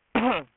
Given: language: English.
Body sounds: throat vibration sensor signal played as sound; cough

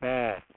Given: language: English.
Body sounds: throat vibration sensor signal played as sound; speech

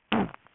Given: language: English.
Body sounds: throat vibration sensor signal played as sound; throat clearing

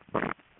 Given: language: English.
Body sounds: throat vibration sensor signal played as sound; swallow

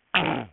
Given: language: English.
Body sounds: throat vibration sensor signal played as sound; throat clearing

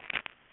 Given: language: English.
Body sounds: throat vibration sensor signal played as sound; swallow

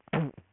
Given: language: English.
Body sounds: throat vibration sensor signal played as sound; throat clearing

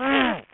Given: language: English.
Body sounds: throat vibration sensor signal played as sound; throat clearing

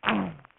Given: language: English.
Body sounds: throat vibration sensor signal played as sound; throat clearing

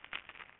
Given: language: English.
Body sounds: throat vibration sensor signal played as sound; swallow

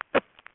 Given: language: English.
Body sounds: throat vibration sensor signal played as sound; cough

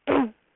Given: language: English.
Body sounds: throat vibration sensor signal played as sound; throat clearing

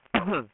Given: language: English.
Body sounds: throat vibration sensor signal played as sound; cough

